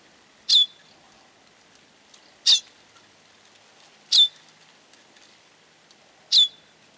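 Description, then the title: Bird chirping: four crisp, high, quickly falling notes spaced about two seconds apart against quiet background. "LuckyPassaro Completos2Sama"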